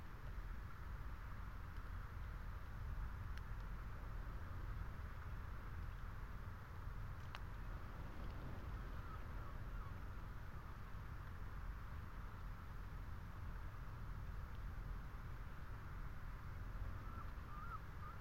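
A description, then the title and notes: Wind buffets a lone tree beneath telegraph wires in a steady, dense rush that stays constant throughout, heaviest in a low rumble. A faint, bright whistling hum from the wires sits above it, with a few brief clicks around three and seven seconds. Lone tree under windswept telegraph wires. The long line of them that stand along the Creel Path, on the east coast of Scotland. The tree, weather stunted and probably overlooked by almost all who stumble by on the rough stone track, holds and shelters the Lento microphones.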